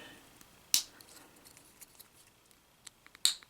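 A plastic limb part is pressed into the body joint of a buildable toy model figure. A sharp, bright snap sounds at 0.7 s, faint plastic ticks follow, and then a second loud snap at 3.3 s. The limb clicks into place and is seated.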